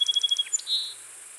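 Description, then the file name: Song sparrow song fragment: a rapid run of repeated high notes over a thin steady tone, a sharp downslurred note, then a short buzzy ending. "Melospiza melodia - Song Sparrow"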